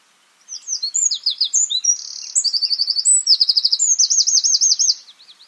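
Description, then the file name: Eurasian wren song, a hurried stream of high chips and buzzy rattles ending in a rolling trill. "Troglodytes troglodytes"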